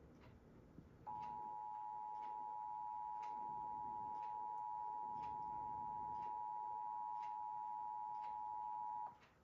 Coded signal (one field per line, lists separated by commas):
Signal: Emergency Alert System (SAME) tones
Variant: 853 and 960 Hz attention tone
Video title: EAS #91 - Mar 2025 Required Monthly Test